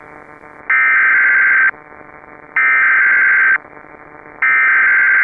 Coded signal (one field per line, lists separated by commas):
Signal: Emergency Alert System (SAME) tones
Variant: header bursts